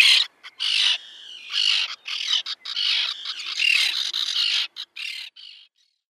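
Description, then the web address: Common tern chick giving harsh, squeaky high calls in quick irregular bursts, some drawn out, some clipped, over about six seconds. Downy young. "Schulze Peter Common Tern downy Young"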